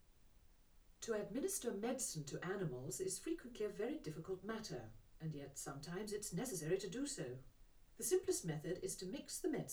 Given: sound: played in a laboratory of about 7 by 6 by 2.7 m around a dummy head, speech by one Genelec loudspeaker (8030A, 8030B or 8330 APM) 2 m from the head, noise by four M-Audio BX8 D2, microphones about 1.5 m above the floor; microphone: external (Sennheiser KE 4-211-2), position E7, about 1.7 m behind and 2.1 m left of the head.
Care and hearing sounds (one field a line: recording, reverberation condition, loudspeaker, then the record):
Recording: female speech in English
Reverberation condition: low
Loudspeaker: 30 degrees to the right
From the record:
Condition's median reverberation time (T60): about 310 ms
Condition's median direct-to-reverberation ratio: about 3.5 dB